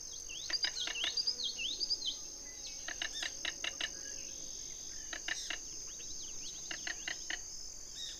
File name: King rail